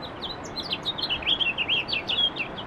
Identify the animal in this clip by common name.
House Finch